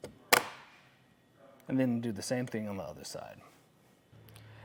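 The hinged plastic end cap on a Yakima RidgeLine roof rack tower for flush rails on a 2021 Jeep Compass is snapped closed over the tower adjustment. One sharp snap sounds at 0.3 s, showing the cap has seated closed. Afterward someone talks, and a couple of faint ticks follow near the end.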